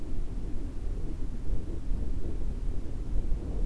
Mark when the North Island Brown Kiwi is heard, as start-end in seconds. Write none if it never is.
none